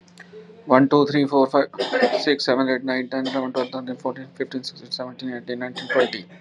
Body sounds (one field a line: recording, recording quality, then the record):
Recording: counting at a fast pace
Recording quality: moderate, slight background noise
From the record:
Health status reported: healthy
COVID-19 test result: not tested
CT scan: not taken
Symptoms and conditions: none ticked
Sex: male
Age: 52 years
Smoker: no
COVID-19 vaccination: both doses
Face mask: worn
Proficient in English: yes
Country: India